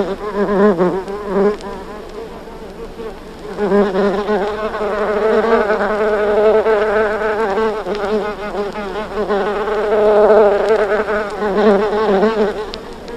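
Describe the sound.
Bumblebee drone, a low harmonic hum that starts faint and intermittent, then strengthens into a steady, wavering buzz with slow rises and falls in loudness.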